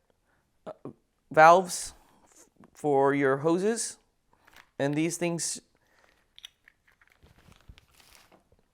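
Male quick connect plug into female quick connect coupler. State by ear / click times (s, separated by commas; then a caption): seated / 6.4 s. Someone talks while a plastic garden hose quick connect fitting from a Vego 100-foot retractable hose reel set is handled, then a male quick connect plug is pushed into a female quick connect coupler. It snaps in place with a sharp click at 6.4 s, followed by a few faint clicks and rattles.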